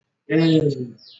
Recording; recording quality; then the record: sustained vowel as in made; moderate, slight background noise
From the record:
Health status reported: exposed to COVID-19, no respiratory illness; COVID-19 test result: not tested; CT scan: not taken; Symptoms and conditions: none ticked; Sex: male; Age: 28 years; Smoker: no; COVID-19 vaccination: both doses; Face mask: worn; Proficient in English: yes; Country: India